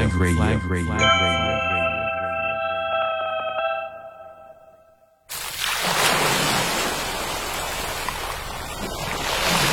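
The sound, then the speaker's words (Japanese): A short chiming melodic jingle fades out, then ocean waves take over with a loud, steady rushing wash of surf that continues to the end, with no voices. “どこか遠くの心の中の雫がポタリ集まって、ザバン、ザバン。海が揺れている。”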